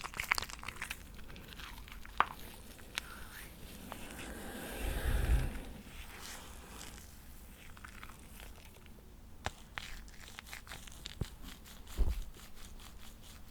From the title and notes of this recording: ASMR The ULTIMATE Tingles With SHAVING Foam On The MIC.